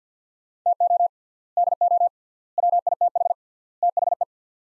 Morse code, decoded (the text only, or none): TO DO WITH THE